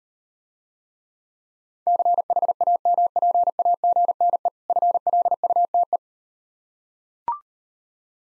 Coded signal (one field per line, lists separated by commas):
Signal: Morse code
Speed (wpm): 38 wpm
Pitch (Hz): 700 Hz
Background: none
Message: CHAMPAGNE FLUTE